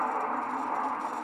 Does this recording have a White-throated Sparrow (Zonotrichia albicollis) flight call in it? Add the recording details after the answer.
no. No flight call is heard. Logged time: 01:16 on 13 December 2014